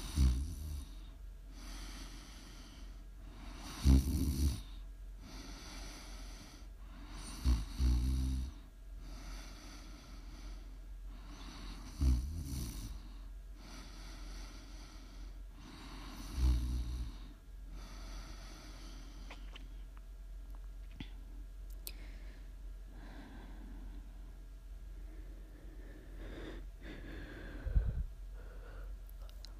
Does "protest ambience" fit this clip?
no